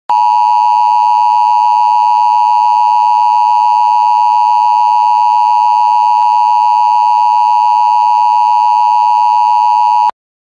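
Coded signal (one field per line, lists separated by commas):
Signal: Emergency Alert System (SAME) tones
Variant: 853 and 960 Hz attention tone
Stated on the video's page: Fake EAS alert made as a prank, not a real broadcast.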